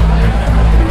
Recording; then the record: background sound without coughing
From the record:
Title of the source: Party Noise 1 Hour Party Ambience